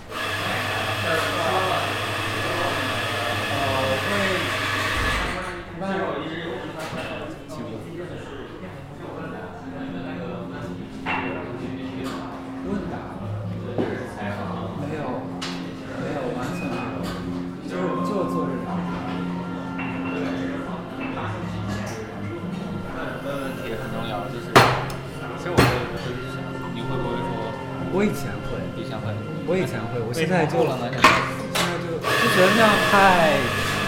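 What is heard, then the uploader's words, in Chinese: Sitting in a café: a steady hum of voices fills the whole stretch, with a loud whirring machine, like a grinder or blender, running for the first five seconds and again near the end. Sharp clinks and knocks of cups and dishes cut through around 25 and 31 seconds. 坐在咖啡馆有点开心｜城市声音。北京地坛旁边 没有特地录说话声。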